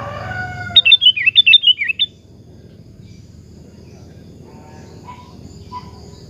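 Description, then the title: Sooty-headed bulbul song: a single phrase of several quick chirped notes falling in pitch, after lower drawn-out whistles from another bird. "Kutilang"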